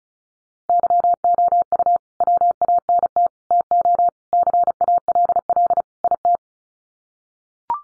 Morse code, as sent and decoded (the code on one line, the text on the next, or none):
-.-- --- ..- / .-- .- -. - / - --- / -.-. .- .-.. .-.. / .. -
YOU WANT TO CALL IT